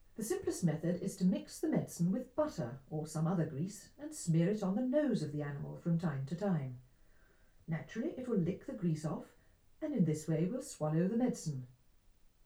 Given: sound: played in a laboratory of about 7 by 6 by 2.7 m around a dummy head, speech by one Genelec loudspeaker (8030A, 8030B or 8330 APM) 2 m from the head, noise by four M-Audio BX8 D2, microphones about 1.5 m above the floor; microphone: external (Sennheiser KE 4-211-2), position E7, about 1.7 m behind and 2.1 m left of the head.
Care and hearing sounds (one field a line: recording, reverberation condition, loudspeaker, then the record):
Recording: female speech in English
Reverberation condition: low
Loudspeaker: 90 degrees to the left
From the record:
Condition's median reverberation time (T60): about 310 ms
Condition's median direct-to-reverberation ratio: about 3.5 dB